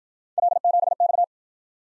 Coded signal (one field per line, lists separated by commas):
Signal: Morse code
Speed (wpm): 52 wpm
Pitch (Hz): 700 Hz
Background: none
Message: L7X